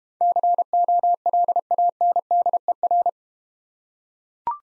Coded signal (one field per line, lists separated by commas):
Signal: Morse code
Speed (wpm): 32 wpm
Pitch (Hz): 700 Hz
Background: none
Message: COLANDER